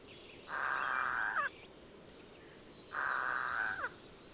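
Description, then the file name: Eurasian jay giving two harsh rasping screeches, each about a second long, separated by a pause of roughly a second and a half, over soft background noise. "Garrulus glandarius"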